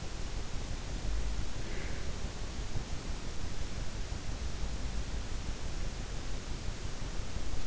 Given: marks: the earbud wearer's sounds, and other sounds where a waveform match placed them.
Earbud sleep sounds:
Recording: sounds in sleep by an in-ear microphone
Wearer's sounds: breath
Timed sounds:
1.53-2.18 s: breath

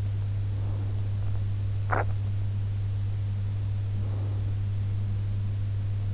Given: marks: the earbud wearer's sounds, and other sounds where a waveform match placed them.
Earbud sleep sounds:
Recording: sounds in sleep by an in-ear microphone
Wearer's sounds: breath, teeth grinding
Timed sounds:
0.33-1.48 s: breath
1.67-2.22 s: teeth grinding
3.86-4.62 s: breath

